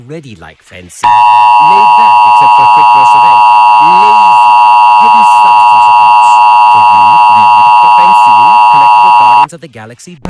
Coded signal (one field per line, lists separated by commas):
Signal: Emergency Alert System (SAME) tones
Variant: 853 and 960 Hz attention tone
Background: speech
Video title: EAS Mock - its 2:52 AM and no context